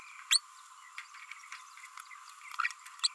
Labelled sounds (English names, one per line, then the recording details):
Green-rumped Parrotlet babbling
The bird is a female
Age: 27 days
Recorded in a nest box in Venezuela
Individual 17B32A7